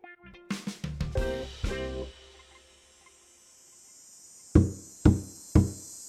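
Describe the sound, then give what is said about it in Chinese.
A man knocks by hand on a door while posing as a food delivery: several quick knocks, a pause, then three firm, evenly spaced raps, with a thin high-pitched chirring hum lingering steadily in the background. “一万三伸手敲门”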